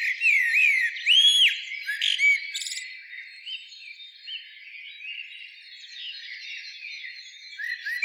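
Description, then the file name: Common blackbird song: a few clear whistled phrases with an arching note, then sharp clicking chatter, over a steady background of other bird song. "Turdus merula"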